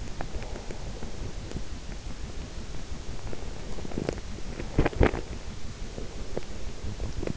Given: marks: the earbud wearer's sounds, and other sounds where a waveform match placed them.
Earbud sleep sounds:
sounds in sleep by an in-ear microphone; breath, swallowing
0.28-2.01 s: breath
3.31-5.58 s: swallowing

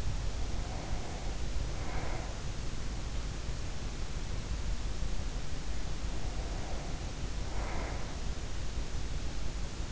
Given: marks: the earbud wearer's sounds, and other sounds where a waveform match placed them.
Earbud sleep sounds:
sounds in sleep by an in-ear microphone; breath
0.00-2.66 s: breath
5.59-8.41 s: breath

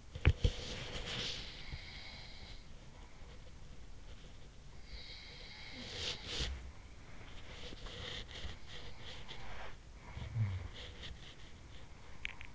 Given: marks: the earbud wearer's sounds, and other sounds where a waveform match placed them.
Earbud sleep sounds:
sounds in sleep by an in-ear microphone; body movement, teeth grinding
0.00-1.68 s: body movement
1.68-2.71 s: sound from someone else or the room
4.82-12.55 s: sound from someone else or the room
6.07-12.47 s: body movement
12.07-12.55 s: teeth grinding

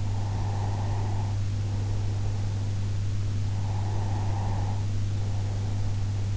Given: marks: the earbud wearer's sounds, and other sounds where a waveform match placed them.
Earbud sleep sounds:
sounds in sleep by an in-ear microphone; breath
0.08-2.99 s: breath
3.41-6.29 s: breath

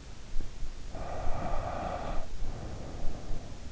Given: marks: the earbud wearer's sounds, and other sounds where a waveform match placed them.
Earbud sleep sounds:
sounds in sleep by an in-ear microphone; breath
0.97-3.68 s: breath

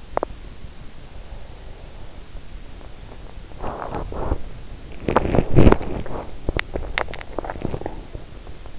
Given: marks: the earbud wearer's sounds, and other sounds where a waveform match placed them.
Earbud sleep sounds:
sounds in sleep by an in-ear microphone; teeth grinding, swallowing
3.41-6.20 s: teeth grinding
6.46-8.78 s: swallowing

